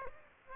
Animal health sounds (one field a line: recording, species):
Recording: mosquito wingbeat signal from an infrared sensor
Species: Aedes aegypti